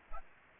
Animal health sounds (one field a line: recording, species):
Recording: mosquito wingbeat signal from an infrared sensor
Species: Aedes aegypti